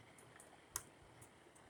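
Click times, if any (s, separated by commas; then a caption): 0.8 s. A small warning-light or ABS indicator holder is pressed onto the circuit board of an R33 GTS-T instrument cluster being rebuilt, with faint high ticks scattered through the clip. At 0.8 s a single sharp snap rises well above the quiet background as the holder clips into the board and seats in place.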